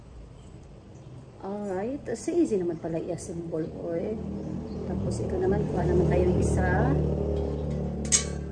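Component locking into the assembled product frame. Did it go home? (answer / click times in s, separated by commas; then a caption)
yes / 8.1 s. A component is fitted into the frame of an easy-to-assemble product while someone talks throughout, with a low steady hum underneath. A short, sharp click at 8.1 s marks the piece locking into place, confirming it is seated.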